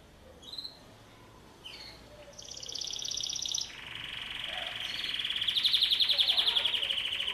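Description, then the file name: Canary song opening with a few scattered chirps, then a high rapid trill followed by a lower, louder rolling rattle that swells steadily. "Canary Voice"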